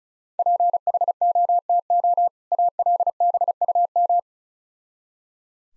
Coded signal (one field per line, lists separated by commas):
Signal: Morse code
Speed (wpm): 36 wpm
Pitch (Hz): 700 Hz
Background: none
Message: PHOTO ALBUM